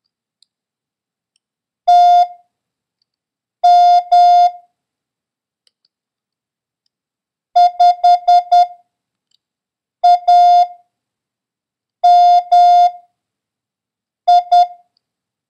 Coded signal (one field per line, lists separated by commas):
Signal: Morse code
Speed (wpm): 10 wpm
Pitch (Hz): 710 Hz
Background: none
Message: TM 5AMI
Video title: International Morse Code: Lesson 2